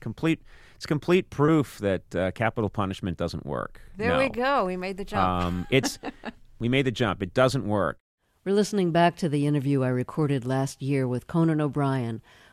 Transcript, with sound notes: it's complete proof that capital punishment doesn't work. No.
There we go. We made the jump (laughter).
We made the jump. It doesn't work.
We're listening back to the interview I recorded last year with Conan O'Brien.